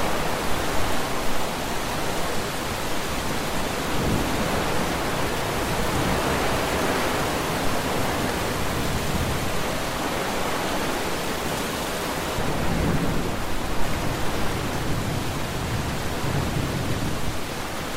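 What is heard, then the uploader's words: Rain taps and patters in a steady, dense hiss that fills the whole 18 seconds with little change. Low rumbling swells come and go underneath, and around the twelfth second the sound turns slightly louder and rougher, like a gust of wind. Summer Storm by the Open Window. The gentle sound of raindrops tapping on the windowsill, the occasional rumble of thunder, and the occasional gusts of wind. Sounds of Thunder and Rain.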